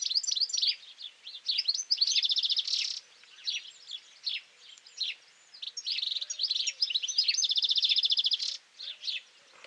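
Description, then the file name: European goldfinch song of rapid tinkling twitters and chirps with long buzzy trills. "Carduelis carduelis"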